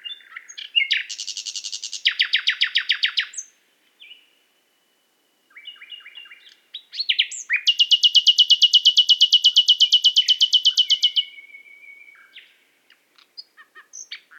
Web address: qatar birds qatar birds presentation extracts nightingale